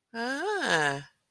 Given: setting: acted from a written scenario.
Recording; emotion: vocal sound without words; interest